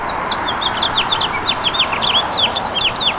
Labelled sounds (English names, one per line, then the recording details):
House Finch song
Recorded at Babylon on Long Island, New York, on 18 May 2013
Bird F